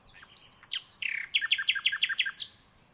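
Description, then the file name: Common nightingale song: scattered sweeping whistles and chirps, then a rapid, even series of repeated sharp notes ending in a high flourish. "Luscinia megarhynchos"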